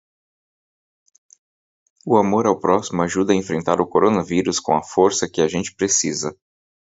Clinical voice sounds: spoken sentence; Brazilian Portuguese; male; 40 to 49 years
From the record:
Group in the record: control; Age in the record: 40 years

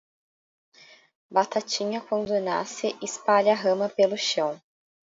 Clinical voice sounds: short text; Brazilian Portuguese; female; 20 to 29 years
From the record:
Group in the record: control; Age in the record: 22 years

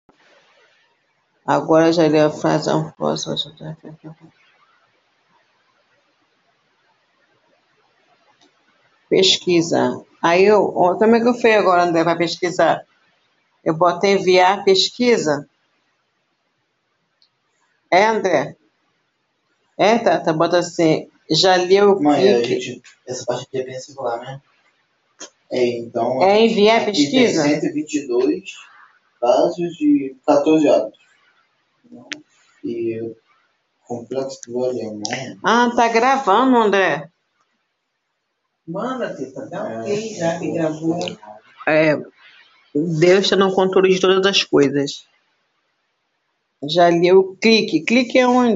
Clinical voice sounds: spoken sentence; Brazilian Portuguese; female; 50 to 59 years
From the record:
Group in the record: control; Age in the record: 55 years

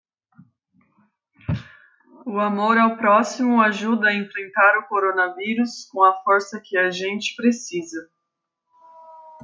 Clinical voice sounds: spoken sentence; Brazilian Portuguese; female; 20 to 29 years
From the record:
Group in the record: control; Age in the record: 29 years

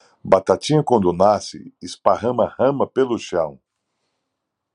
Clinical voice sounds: short text; Brazilian Portuguese; male; 50 to 59 years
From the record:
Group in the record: control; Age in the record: 57 years

